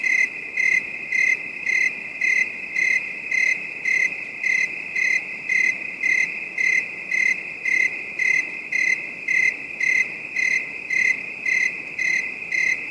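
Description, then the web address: Crickets give a constant ringing trill and crisp pulsed chirps repeated evenly about twice each second. Night ambience; a calm, distant bed of high-pitched crickets. "public music beds, affects and jingles Effects Nature Ambiences Night Ambience Calm Distant Bed of High-pitched Crick"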